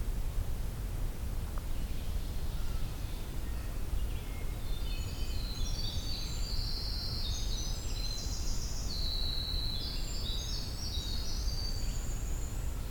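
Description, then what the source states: Winter Wren song: a long, rapid, high tumbling stream of trills and twitters that jumps up and down in pitch for about eight seconds, over steady low rumbling background noise. Singing amid a dense songbird chorus on a hike to Hector Falls; very tiny bird; song lengthy, fairly high-pitched, going up and down, usually ending on high notes.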